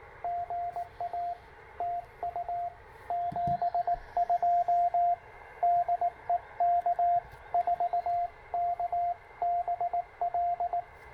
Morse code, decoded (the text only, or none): GA TU 72 DE K4KBL